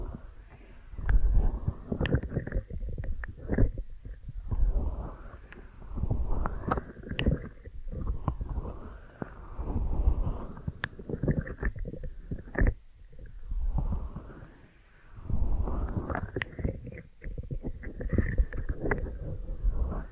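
Deep ear massage sounds: muffled, low rubbing and pressing that swells and fades in repeated strokes every second or two, with brief pauses near 12.5 and 15 seconds. Occasional sharper taps and crinkly clicks sit over the thick, rumbling texture.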